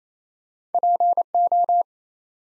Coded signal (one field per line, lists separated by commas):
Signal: Morse code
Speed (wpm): 29 wpm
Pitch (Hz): 700 Hz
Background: none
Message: PO